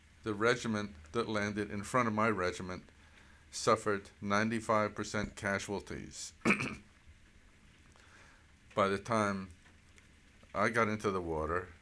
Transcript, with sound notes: The regiment that landed in front of my regiment suffered 95 percent casualties. (clears his throat) By the time I got into the water